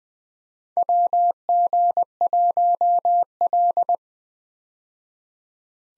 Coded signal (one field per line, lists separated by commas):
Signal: Morse code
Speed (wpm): 21 wpm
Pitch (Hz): 700 Hz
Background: none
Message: WG1L